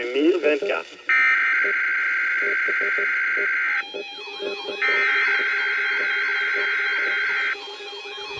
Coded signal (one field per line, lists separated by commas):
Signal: Emergency Alert System (SAME) tones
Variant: header bursts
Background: speech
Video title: Snowfall Warning (EAS #1518)